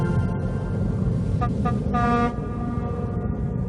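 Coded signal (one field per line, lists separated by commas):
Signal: ship horn signal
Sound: two short tugboat whistle toots then one longer toot, over music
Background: background music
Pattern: 2 short, 1 long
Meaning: A friendly hello meaning "I'm happy"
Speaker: was a whistle a special whistle signal Hank whistled back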